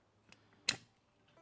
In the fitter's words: pops right in.